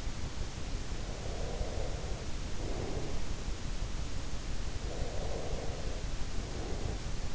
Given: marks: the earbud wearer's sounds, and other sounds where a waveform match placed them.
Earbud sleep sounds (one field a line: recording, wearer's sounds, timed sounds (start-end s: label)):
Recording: sounds in sleep by an in-ear microphone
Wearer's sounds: breath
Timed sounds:
0.89-3.47 s: breath
4.70-7.35 s: breath